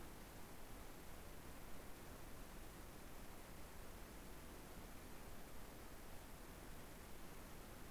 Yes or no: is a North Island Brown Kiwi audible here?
no